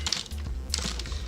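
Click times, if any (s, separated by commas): none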